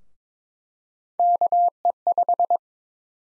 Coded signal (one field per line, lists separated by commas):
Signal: Morse code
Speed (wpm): 22 wpm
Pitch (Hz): 700 Hz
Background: none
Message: KE5